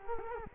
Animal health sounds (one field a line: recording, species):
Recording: mosquito wingbeat signal from an infrared sensor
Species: Culex quinquefasciatus